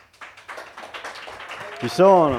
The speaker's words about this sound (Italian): Coordiniamo, prima gli applausi e poi il bu. Facciamo 3-2-1, facciamo partire gli eventuali applausi. Proviamo, 3-2-1.